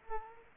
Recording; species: mosquito wingbeat signal from an infrared sensor; Aedes aegypti